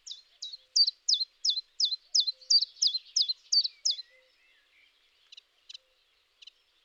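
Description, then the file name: Common chiffchaff song: a run of about twelve high, evenly spaced notes, roughly three per second, then stopping, with a few faint high notes after. "tjiftjaf"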